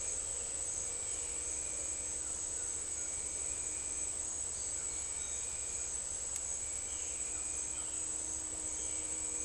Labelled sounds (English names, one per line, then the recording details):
none
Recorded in dense forest near Puerto Asís, Putumayo, Colombia, on 20 December 2024 at 12:00
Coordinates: 0.482, -76.320
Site G021